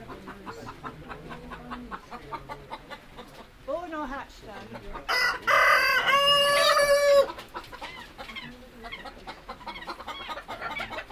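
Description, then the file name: Chicken: hens calling, with rapid soft clucks throughout, a squawk midway, and a loud drawn-out call lasting about two seconds. "campsea hens"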